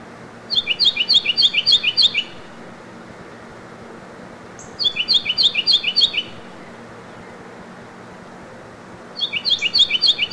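Carolina wren song, three bursts of rapid, rolling repeated phrases, the first two lasting about one and a half seconds and the last cut off at the end, separated by pauses of roughly three seconds, over a faint low hum.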